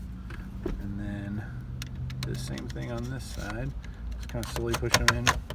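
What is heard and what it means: A second metal radio removal key is pushed slowly into the other side of a Ford car radio with steady pressure, working toward the retaining clip, while someone talks. Faint metallic scraping and light taps are heard. Nothing has seated or clicked yet.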